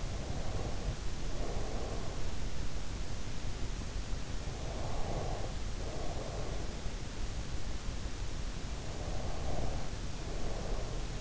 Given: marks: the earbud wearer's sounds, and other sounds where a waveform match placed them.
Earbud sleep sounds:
sounds in sleep by an in-ear microphone; breath
0.00-2.45 s: breath
4.49-6.62 s: breath
8.72-11.21 s: breath

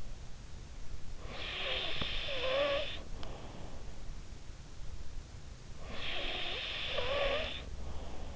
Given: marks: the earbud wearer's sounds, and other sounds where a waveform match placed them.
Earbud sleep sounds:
sounds in sleep by an in-ear microphone; snoring breath
1.19-3.68 s: snoring breath
5.91-8.36 s: snoring breath

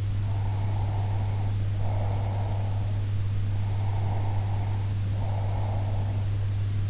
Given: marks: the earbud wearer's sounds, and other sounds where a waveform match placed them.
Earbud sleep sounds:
sounds in sleep by an in-ear microphone; breath
0.26-2.95 s: breath
3.58-6.23 s: breath

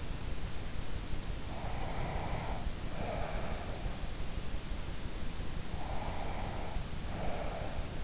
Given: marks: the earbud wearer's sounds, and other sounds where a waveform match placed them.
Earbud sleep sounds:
sounds in sleep by an in-ear microphone; breath
1.74-3.96 s: breath
5.86-8.04 s: breath

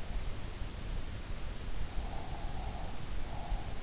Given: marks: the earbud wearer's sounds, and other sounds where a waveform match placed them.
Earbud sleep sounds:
sounds in sleep by an in-ear microphone; breath
2.06-3.75 s: breath

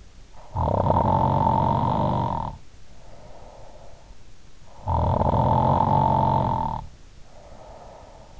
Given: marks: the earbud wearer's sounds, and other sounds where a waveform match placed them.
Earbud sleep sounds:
sounds in sleep by an in-ear microphone; snoring breath
0.26-4.11 s: snoring breath
4.48-8.40 s: snoring breath

